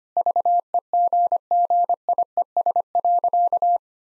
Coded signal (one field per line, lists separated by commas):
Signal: Morse code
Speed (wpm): 25 wpm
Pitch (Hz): 700 Hz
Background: none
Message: VEGGIES.